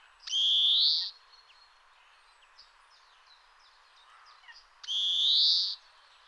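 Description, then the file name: European greenfinch wheezing calls: two long buzzy drawn-out notes, each about one second, with faint scattered chirps between them. "Chloris chloris"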